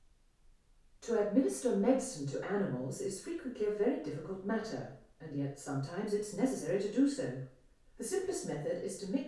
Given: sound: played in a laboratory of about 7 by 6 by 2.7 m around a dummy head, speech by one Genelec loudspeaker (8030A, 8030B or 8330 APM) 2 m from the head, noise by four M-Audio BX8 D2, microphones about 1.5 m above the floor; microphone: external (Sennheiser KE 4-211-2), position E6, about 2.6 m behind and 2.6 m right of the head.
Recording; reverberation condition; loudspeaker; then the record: female speech in English; medium; 120 degrees to the left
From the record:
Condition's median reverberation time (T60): about 510 ms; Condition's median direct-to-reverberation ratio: about -0.5 dB